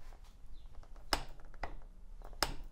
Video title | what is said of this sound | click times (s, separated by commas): Electric Bike Tool Review - LEXIVON Torque Wrenches to Protect Your Ebike Nuts, Bolts, and Screws | that click means that we've got it to the right point and | 1.1 s, 2.4 s